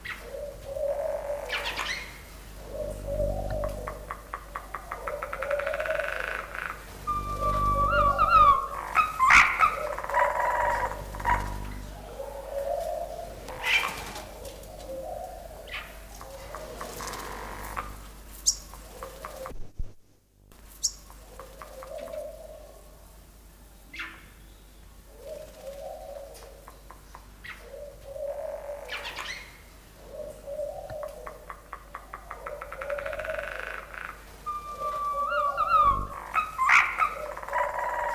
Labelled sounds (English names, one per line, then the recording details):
African Green-Pigeon song
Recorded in captivity
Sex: male
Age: adult
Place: Zoo Berlin, Berlin, DE
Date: 1997-11-22 12:02
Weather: overcast, ca.1°C
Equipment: Nagra SN, Kopie Uher 4000 Report Monitor
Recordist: Tembrock, Günter
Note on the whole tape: Männchen: Balzfolgen, Entfernung ca